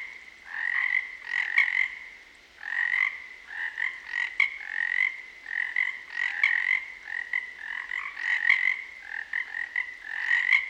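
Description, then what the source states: Frogs calling in repeated buzzy, rattling bursts that swell and fade every second or two, with sharper clicking notes mixed in. Field recording at a frog pond in the western Cascades by Nick McMahan.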